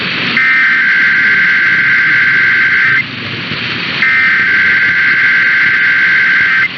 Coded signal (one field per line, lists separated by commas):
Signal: Emergency Alert System (SAME) tones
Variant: header bursts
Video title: Overnight Monthly and Weekly Tests (EAS #462-480) 6/25-26/24